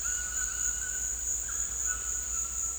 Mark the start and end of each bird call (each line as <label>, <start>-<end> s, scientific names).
Ramphastos tucanus, 0.00-2.78 s